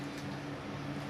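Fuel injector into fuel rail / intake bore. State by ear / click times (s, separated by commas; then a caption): not seated / none. A fuel injector with its O-ring seals is handled and pressed down toward its bore in the fuel rail and intake during a Nissan 240SX KA24DET turbo engine install. Only a steady low hum with broadband noise is heard, with no distinct pops or clicks. The injector has not popped into place yet; nothing has seated.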